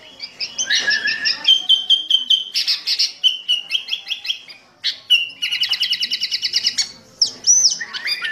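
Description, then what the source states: Sooty-headed bulbul delivering a lively varied song: sweeping notes, repeated clear whistles, a fast run of evenly spaced chips, then rising and falling slurred whistles. Fierce-style ('gaya sangar') singing with a 'thunder' ('suara halilintar') voice.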